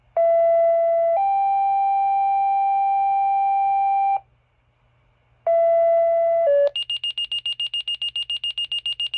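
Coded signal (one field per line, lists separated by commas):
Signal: two-tone page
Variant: Motorola Minitor tone-out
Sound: low tone then higher long tone, silence, two more tones, then fast high beeping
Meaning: Tone-out activating fire department pagers for the weekly test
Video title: Weekly Fire Pager Test on Motorola Minitor VI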